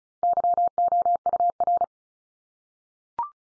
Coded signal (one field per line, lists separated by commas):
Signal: Morse code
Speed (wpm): 34 wpm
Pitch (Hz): 700 Hz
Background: none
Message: YOUR